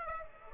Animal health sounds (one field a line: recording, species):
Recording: mosquito wingbeat signal from an infrared sensor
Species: Aedes aegypti